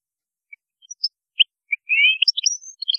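European goldfinch song starting with sparse high chirps, then building into a quick phrase of slurred whistles and tinkling twitters.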